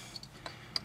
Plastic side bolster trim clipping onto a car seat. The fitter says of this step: you just clip it right back into place there's really only one way for it to go let me see it snaps into place like that so